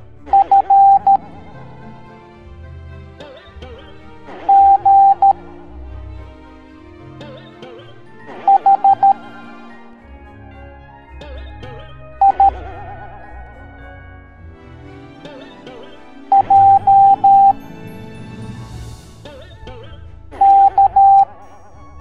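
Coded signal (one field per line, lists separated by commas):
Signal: Morse code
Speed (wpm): 13 wpm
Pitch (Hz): 790 Hz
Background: music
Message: F G H I J K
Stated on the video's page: Morse code alphabet lesson for kids in an animated cartoon.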